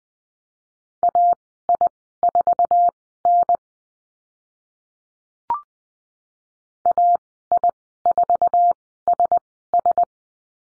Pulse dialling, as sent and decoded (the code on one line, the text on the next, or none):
none